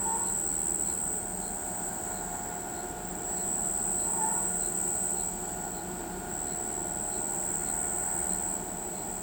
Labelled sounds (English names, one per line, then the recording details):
none
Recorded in pastures near Pivijay, Magdalena, Colombia, on 14 April 2023 at 02:30
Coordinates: 10.456, -74.369
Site P6-G026